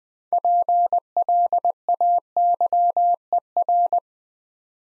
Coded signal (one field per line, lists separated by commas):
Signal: Morse code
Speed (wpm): 20 wpm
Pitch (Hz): 700 Hz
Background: none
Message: PLAYER